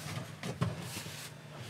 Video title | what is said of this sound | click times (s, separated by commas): Stunning 2024 Nova 20C: Spacious Pop-Top Camper with Features You’ll Love | locks into place | 0.4 s, 0.6 s